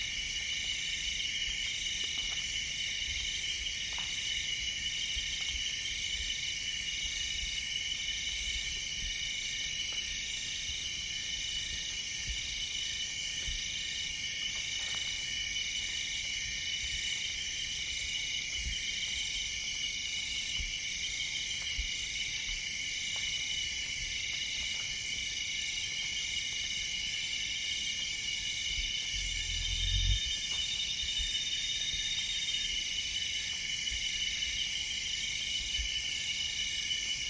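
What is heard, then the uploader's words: Nightfall in the Congo jungle: a dense, steady chorus of high insect trilling and pulsing, with faint low rumbles and a soft thump near thirty seconds. Nightfall In The Congo Jungle. Immersed in a rainforest, far away from people and surrounded by nature. As daylight starts to fade.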